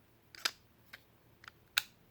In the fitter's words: got a nice little click going in.